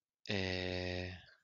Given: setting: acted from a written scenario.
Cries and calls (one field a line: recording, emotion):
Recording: vocal sound without words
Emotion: serenity